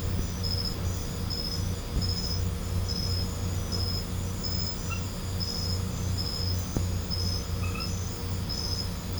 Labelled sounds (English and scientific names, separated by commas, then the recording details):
none
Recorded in pastures near Puerto Asís, Putumayo, Colombia, on 21 December 2024 at 20:30
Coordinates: 0.505, -76.324
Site G063